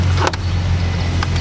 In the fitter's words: And we're going to want to hear a click just like that.